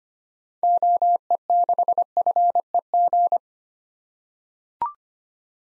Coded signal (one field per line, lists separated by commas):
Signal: Morse code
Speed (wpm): 25 wpm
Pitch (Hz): 700 Hz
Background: none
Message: OE6FEG